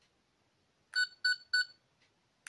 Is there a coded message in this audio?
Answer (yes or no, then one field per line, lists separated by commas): no